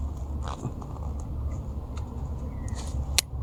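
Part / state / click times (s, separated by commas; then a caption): irrigation fitting into an irrigation line / seated / 3.2 s. On a blueberry farm, a worker fits an irrigation fitting into an irrigation line over a steady low background rumble with faint handling sounds. A sharp snap at 3.2 seconds marks the fitting locking into place, confirming it is seated.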